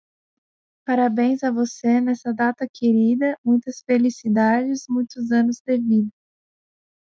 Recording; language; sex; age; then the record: short text; Brazilian Portuguese; female; 20 to 29 years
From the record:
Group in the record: control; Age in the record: 21 years